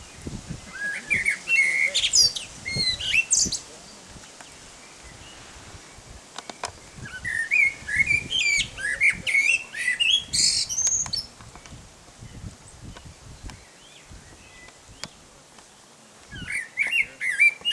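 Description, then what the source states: Common blackbird song: rich, varied warbled phrases with fluty notes and high twittering ends, delivered in bursts separated by pauses of a few seconds. Male singing.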